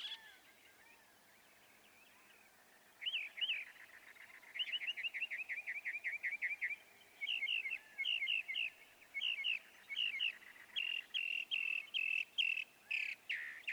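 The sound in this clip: Northern mockingbird song beginning after a quiet start: a long sequence of rapid repeated notes that switches through several distinct phrase types.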